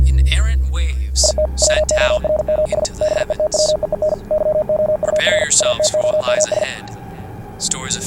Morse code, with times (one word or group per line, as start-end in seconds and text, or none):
1.2-1.5 IT
1.6-2.8 WORMS
3.0-4.1 BETWEEN
4.3-5.4 YOUR
5.6-6.6 ATOMS